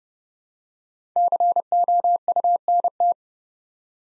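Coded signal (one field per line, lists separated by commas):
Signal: Morse code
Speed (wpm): 30 wpm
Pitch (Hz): 700 Hz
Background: none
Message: COUNT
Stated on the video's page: Morse drill at 30 wpm of 5-letter words, each sent, spoken, then sent again.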